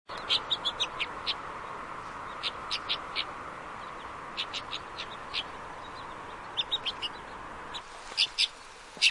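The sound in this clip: Mountain finch calls: short, high chirps in loose clusters, some doubled or tripled, scattered throughout over a steady background hiss.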